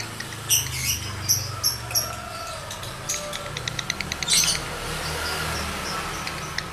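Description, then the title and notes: Lovebird song of sharp, high chirps and squeaks, then a rapid ticking series and a final burst of chatter, over a steady low hum. Male lovebird in breeding condition; its song is used to stimulate other lovebirds to sing. "Birahi Lovebird Jantan ke Gacor. Pancingan Suara Lovebird jantan birahi"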